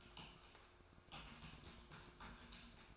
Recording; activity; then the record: daily activity, microphone in the room; typing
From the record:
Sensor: 2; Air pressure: 1004.3 hPa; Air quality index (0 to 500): 188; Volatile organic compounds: 10 ppm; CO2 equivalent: 2250 ppm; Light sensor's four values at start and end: 4/11/4/4 and 4/11/4/4